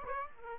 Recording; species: mosquito wingbeat signal from an infrared sensor; Aedes aegypti